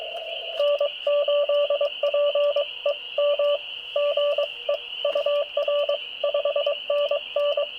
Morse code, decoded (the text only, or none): N8PEM GE UR 5NN